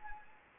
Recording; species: mosquito wingbeat signal from an infrared sensor; Anopheles gambiae